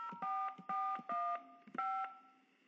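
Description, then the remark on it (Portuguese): Four telephone keypad tones ring out in sequence as an HSBC bank account password is keyed in on a phone banking menu, each a short, steady two-pitch beep separated by brief pauses, with no voices present. “Digite a senha do meu HSBC, telefone.”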